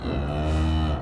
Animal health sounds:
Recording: contact call of a hoofed animal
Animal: cattle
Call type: low-frequency (closed-mouth) or high-frequency (open-mouth) call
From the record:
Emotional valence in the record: negative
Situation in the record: full separation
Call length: 1.02 s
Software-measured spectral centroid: 1710 Hz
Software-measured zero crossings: 780 a second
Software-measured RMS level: -24 dBFS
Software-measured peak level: -14 dBFS

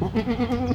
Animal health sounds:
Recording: contact call of a hoofed animal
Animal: goat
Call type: low-frequency (closed-mouth) or high-frequency (open-mouth) call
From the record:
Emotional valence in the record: negative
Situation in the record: short social isolation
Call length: 0.76 s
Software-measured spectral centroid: 1420 Hz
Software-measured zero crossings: 930 a second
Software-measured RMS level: -24 dBFS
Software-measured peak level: -11 dBFS

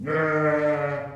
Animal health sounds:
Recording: contact call of a hoofed animal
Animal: sheep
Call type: low-frequency (closed-mouth) or high-frequency (open-mouth) call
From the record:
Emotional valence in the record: negative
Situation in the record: short social isolation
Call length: 1.16 s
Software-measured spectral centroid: 1270 Hz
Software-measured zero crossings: 1510 a second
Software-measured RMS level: -24 dBFS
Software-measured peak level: -11 dBFS

